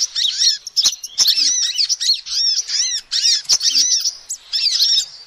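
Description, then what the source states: Lovebird calls in short bursts of shrill squeaks and chirps, arched notes tumbling quickly, with brief pauses between bursts. Lovebird call used as a lure to trap birds.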